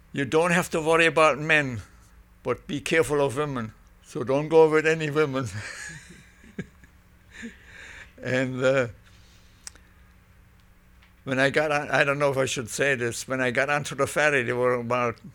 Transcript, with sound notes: "You don't have to worry about men, but be careful of women, so don't go with any women." ( he laughs ) And when I got on, I don't know if I should say this, when I got onto the ferry there were about